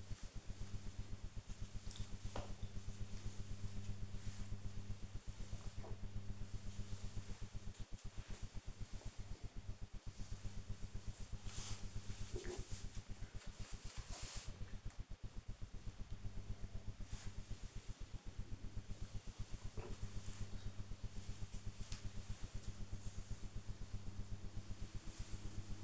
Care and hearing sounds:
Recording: household activities, microphone on the right wrist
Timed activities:
0.00-25.84 s: drinking

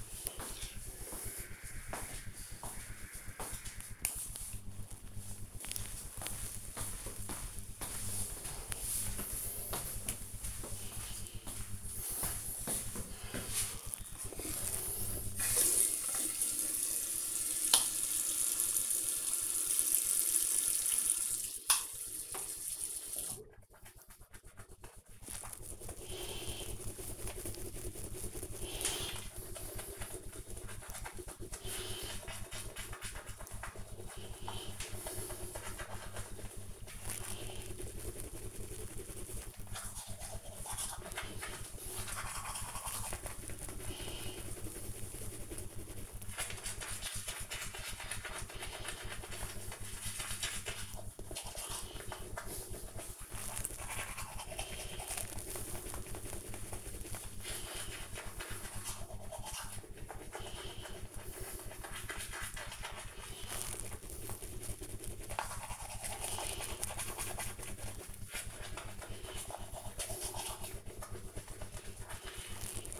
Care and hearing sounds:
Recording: household activities, microphone on the right wrist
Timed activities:
15.60-73.00 s: brushing teeth

